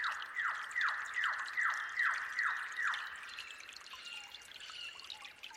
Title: Suara Gemercik Air Dan Kicau Burung Hutan Di Saat Fajar